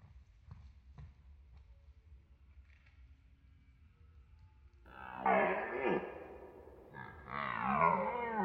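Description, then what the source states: Deer calls: after about five quiet seconds with faint low rumble, two wavering, moaning harmonic calls arrive, the second sliding up and down. Deer calling at night in a forest.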